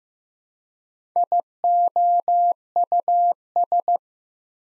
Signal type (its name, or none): Morse code